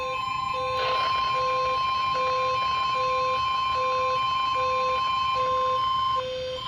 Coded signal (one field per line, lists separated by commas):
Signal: Emergency Alert System (SAME) tones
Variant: 1050 Hz attention tone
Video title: A very confusing day from sterling VA (eas alerts from june 14th 2026)